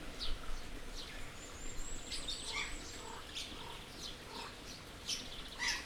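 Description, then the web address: Birds chirping sparsely over a low steady hum, with a thin high whistle held for a couple of seconds and a few sharp notes near the end. Birds in an aviary at Jászberény Zoo, recorded in 2016. "allathangok jaszberenyizoo 2016 madarak ropde"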